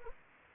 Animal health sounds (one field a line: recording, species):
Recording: mosquito wingbeat signal from an infrared sensor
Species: Anopheles arabiensis